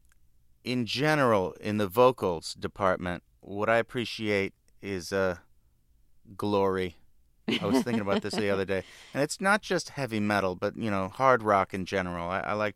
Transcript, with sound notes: in general, in the vocals department, what I appreciate is glory.
(SOUNDBITE OF LAUGHTER)
I was thinking about this the other day. And it's not just heavy metal but, you know, hard rock in general.